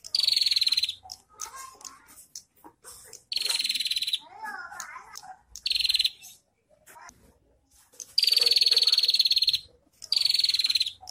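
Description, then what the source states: Prinia calls as harsh, fast-pulsed buzzing rattles in five bursts, with faint twittering and a brief warbled phrase between them. Local name prenjak kepala merah; recording intended for training songbirds (masteran).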